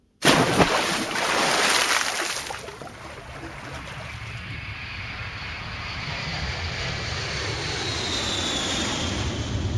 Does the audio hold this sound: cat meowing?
no